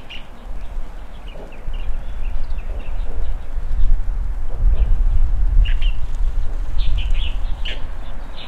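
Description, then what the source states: Birds giving quick chirps in a busy, irregular stream against a heavy low-frequency rumble. Early morning, birds playing on branches in front of a rural country house, heard from an opened window; calm, quiet scene.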